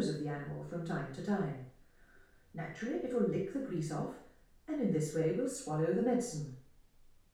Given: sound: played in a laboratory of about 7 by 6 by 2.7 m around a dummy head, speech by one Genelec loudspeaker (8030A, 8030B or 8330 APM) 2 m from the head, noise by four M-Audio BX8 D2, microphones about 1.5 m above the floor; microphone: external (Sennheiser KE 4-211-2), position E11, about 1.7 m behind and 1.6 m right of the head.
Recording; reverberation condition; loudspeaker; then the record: female speech in English; medium; 150 degrees to the left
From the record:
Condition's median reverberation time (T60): about 510 ms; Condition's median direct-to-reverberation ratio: about -0.5 dB